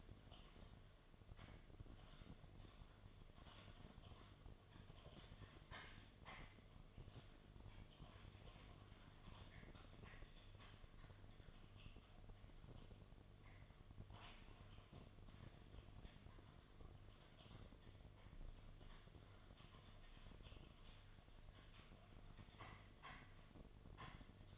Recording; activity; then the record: daily activity, microphone in the room; typing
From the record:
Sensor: 4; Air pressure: 1005.2 hPa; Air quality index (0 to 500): 182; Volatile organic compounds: 5 ppm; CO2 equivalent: 1791 ppm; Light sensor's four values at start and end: 6/12/5/4 and 6/12/5/4